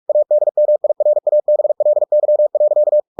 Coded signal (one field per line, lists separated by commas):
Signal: Morse code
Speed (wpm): 46 wpm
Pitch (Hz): 600 Hz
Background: none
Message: ADMIRABLY.